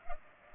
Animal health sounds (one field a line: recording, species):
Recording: mosquito wingbeat signal from an infrared sensor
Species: Culex pipiens